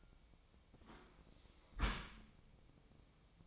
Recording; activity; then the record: daily activity, microphone in the room; close dishwasher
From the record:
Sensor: 1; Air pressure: 1003.1 hPa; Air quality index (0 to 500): 196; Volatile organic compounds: 6 ppm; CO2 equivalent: 1872 ppm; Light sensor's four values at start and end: 16/40/17/20 and 16/40/17/20